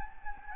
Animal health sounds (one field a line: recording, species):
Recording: mosquito wingbeat signal from an infrared sensor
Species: Anopheles gambiae